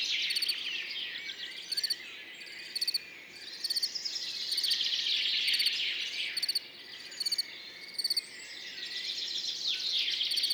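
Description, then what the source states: Field cricket song: pulsed chirps repeating roughly every second, set against a busy dawn chorus of warbling and whistling birds. Singing continuously among orchids after a mild night, morning, 10 June 2019, Montagne du Puy; birds waking in background; Nagra Seven recorder, MKH40 microphone, stereo.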